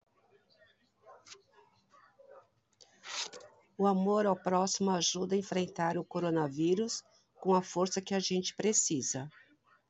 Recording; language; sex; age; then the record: spoken sentence; Brazilian Portuguese; female; 50 to 59 years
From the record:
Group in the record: control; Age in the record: 55 years